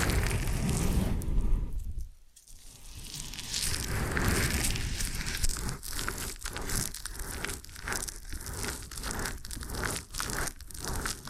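Ear and scalp massage with dense, crackly rustling and crinkling that fills the first two seconds, then cuts out briefly around two seconds. The scratching resumes, and from about six seconds it turns into regular strokes, roughly one per second, with short gaps between them.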